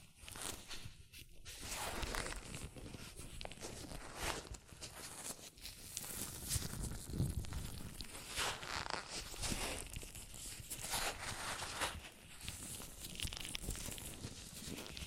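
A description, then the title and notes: Hands in latex gloves rub, squeak and stretch for fifteen seconds with hardly a pause. The sound is dense and uneven, with a short quiet dip near the start, then bursts of bright crinkling and snapping rubbery rustle every second or so. ASMR Latex Gloves Hand Sounds (No Talking).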